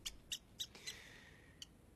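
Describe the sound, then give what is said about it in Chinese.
Scabbers the rat from Harry Potter squeals in terror in a quick run of sharp, high-pitched squeaks, four close together and then one more after a pause, with a thin whining tone trailing between them. Faint, with no voices. “除了卢平的声音之外，只有斑斑惊恐的尖叫声。”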